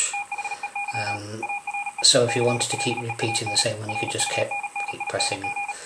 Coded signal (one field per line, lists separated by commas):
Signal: Morse code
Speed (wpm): 37 wpm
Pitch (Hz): 2450 Hz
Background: speech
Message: THEY ARE CLEAN RUNNING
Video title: Free Android Morse Code reader app - RX Beta 1.1